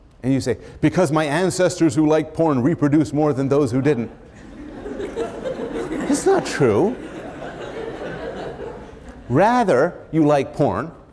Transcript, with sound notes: and you’d say, “Because my ancestors who liked porn reproduced more than those who didn’t,” [laughter] it’s not true. Rather, you like porn,